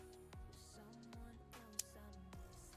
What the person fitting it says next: That's a satisfying click.